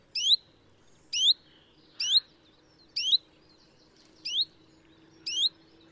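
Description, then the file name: Common chiffchaff giving sharp rising whistled notes, about one per second, six in a row, with a faint low hum beneath. "Pouillot veloce"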